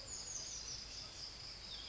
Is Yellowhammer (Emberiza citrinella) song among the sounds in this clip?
no